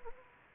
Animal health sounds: mosquito wingbeat signal from an infrared sensor; Anopheles arabiensis

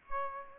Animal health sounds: mosquito wingbeat signal from an infrared sensor; Aedes albopictus

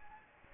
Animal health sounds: mosquito wingbeat signal from an infrared sensor; Anopheles gambiae

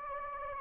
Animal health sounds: mosquito wingbeat signal from an infrared sensor; Anopheles gambiae

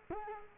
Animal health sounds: mosquito wingbeat signal from an infrared sensor; Culex quinquefasciatus

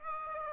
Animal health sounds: mosquito wingbeat signal from an infrared sensor; Aedes aegypti

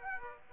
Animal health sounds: mosquito wingbeat signal from an infrared sensor; Aedes aegypti

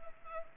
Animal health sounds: mosquito wingbeat signal from an infrared sensor; Culex pipiens

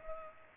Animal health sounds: mosquito wingbeat signal from an infrared sensor; Culex pipiens

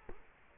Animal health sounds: mosquito wingbeat signal from an infrared sensor; Culex quinquefasciatus

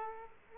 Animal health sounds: mosquito wingbeat signal from an infrared sensor; Aedes aegypti

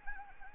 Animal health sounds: mosquito wingbeat signal from an infrared sensor; Anopheles arabiensis

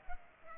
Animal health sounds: mosquito wingbeat signal from an infrared sensor; Culex pipiens

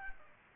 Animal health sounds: mosquito wingbeat signal from an infrared sensor; Aedes aegypti

